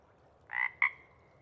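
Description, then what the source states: Pacific chorus frog giving a single crisp two-note rib-bit, a raspy buzz then a quick sharper note, against a quiet background. Sparse chorus before dawn as twilight begins; a few males keep calling to attract mates while most have gone back to burrow.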